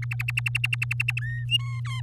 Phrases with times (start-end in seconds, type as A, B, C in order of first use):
0.02-1.20 A, 1.21-1.44 B, 1.49-1.80 C, 1.85-2.01 D